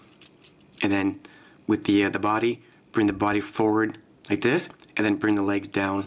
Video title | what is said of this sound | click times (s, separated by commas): TRANSFORMERS PRIME BEAST HUNTERS CYBERVERSE ULTRA MAGNUS TOY REVIEW | bring his other foot down again you'll be able to hear the snap into place like that | 0.2 s, 0.4 s